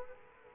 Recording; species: mosquito wingbeat signal from an infrared sensor; Culex quinquefasciatus